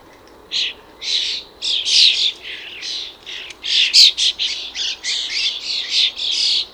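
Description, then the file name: Common Starling giving a rapid run of harsh, grating squawks, repeated in a dense irregular series of short noisy bursts with scratchy variation. "Paprastasis Varnėnas Common Starling - Sturnus vulgaris"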